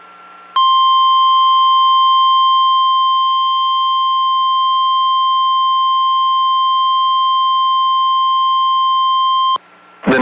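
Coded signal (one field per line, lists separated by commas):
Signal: Emergency Alert System (SAME) tones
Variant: 1050 Hz attention tone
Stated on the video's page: EAS alerts, including a tornado watch, from a real severe weather event.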